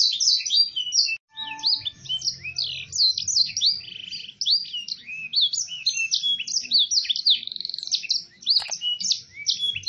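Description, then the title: Canary song of fast high warbled phrases and rolling trills, with a brief pause near the start and a sharp click late on. Canary singing in the cengkok mewah song style, described as a clear voice. "Cengkok Kenari Mewah. kenari CENGKOK MEWAH suara jernih"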